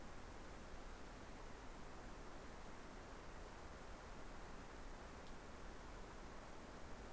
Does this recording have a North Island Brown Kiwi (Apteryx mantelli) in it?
no